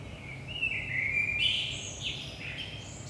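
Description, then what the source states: Common blackbird singing a mellow warbled phrase followed by a burst of thin, high squeaky notes, with a steady low hum behind. Saint-Gilles, Belgium, early morning around 5 am; recorded with DPA 4060 microphones in AB stereo position into a Zoom F3.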